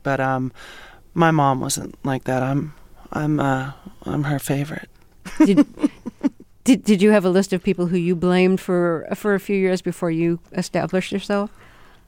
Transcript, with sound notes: But my mom wasn't like that. I'm her favorite (laughter).
Did you have a list of people who you blamed for a few years before you established yourself?